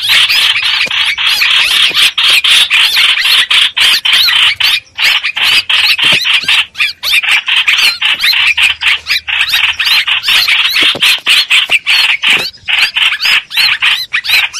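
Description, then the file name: Streak-eared bulbul giving harsh, rapid chattering notes, about four per second, in a dense unbroken stream with only brief pauses. Distress call, given while calling the flock. "Tieng chim trao trao keu cuu goi bay"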